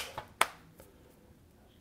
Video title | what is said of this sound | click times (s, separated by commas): UAG Monarch Case for the Samsung Galaxy Note 9! | phone snaps right in from the front you get the black border so | 0.4 s